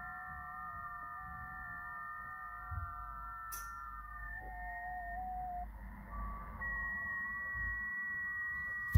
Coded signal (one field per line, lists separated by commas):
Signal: FT8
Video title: Icom IC-705 FT8 Set up and test